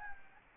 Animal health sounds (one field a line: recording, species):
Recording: mosquito wingbeat signal from an infrared sensor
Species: Anopheles gambiae